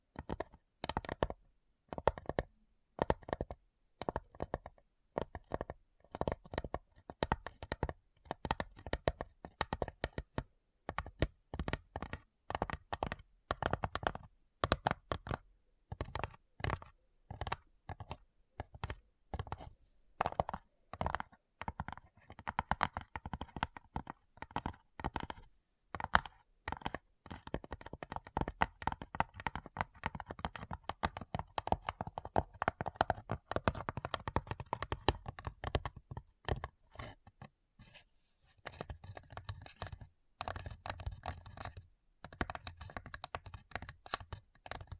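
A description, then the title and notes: Addictive tapping: rapid, dense clicky taps in uneven bursts with brief pauses, growing busier and more continuous around the midpoint before thinning out. ASMR Addictive Tapping.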